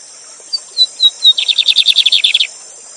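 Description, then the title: Lined seedeater song: a few thin whistled notes, then a fast buzzy trill of repeated notes, over a steady high hiss of rushing water. Bigodinho song style, 'Gavião negro' song type; teacher bird singing live beside a waterfall, used as a song tutor. "Novo Canto de Bigodinho. Bigode Gavião negro professor de canto cantando ao vivo com cascata!"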